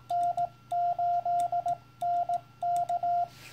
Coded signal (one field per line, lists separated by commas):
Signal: Morse code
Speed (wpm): 18 wpm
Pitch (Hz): 700 Hz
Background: radio noise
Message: N8NK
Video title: CW Decoding, New CW Op Question + The Visit